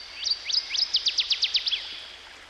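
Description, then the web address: Northern waterthrush song: loud, ringing chips that speed up into an even run of about ten, ending in a lower slurred note. Singing by a stream. "Dan Gibson Songbirds By The Stream. Northern Waterthrush"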